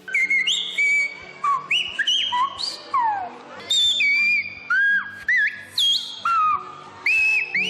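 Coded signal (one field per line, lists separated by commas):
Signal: whistled language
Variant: Silbo Gomero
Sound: loud piercing whistles gliding up and down in short speech-like phrases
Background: faint low background hum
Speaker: se encuentra el silbo gomero un lenguaje que ha logrado sobrevivir al paso del tiempo convirtiéndose en todo un emblema de la isla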